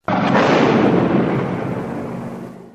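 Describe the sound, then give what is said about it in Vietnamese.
A violent explosion of a mine on a bridge, set off as a man touches it, erupts with a sudden, sharp boom, then a loud, broad roaring rumble that slowly fades over a couple of seconds, with no voices. “Vừa chạm tay vào quả mìn thì một tiếng nổ dữ dội vang lên.”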